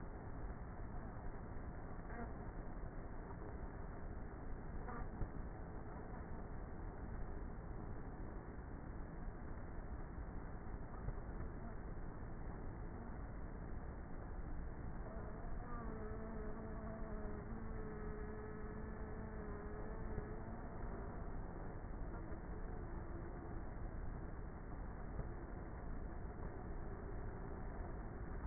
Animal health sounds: honeybee colony, microphone inside the hive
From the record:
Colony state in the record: queenless with a low population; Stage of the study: before two queens were removed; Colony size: about 30,000 bees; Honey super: no

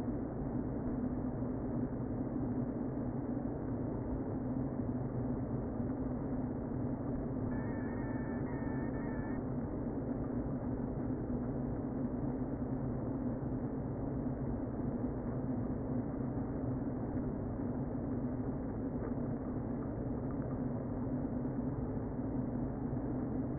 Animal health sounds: honeybee colony, microphone inside the hive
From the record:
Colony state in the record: queen present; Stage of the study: before two queens were removed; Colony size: about 60,000 bees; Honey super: yes

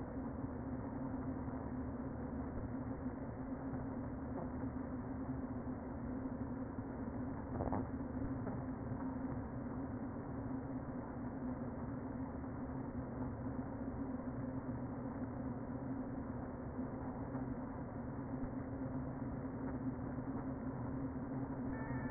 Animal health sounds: honeybee colony, microphone inside the hive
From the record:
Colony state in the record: queen present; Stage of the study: before two queens were removed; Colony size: about 60,000 bees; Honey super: yes

